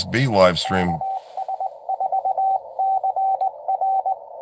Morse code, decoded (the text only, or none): KS4CR